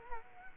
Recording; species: mosquito wingbeat signal from an infrared sensor; Culex quinquefasciatus